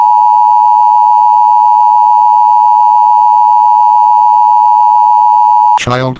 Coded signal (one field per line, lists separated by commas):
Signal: Emergency Alert System (SAME) tones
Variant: 853 and 960 Hz attention tone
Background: speech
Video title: EAS - Child Abduction Emergency 9/14/2010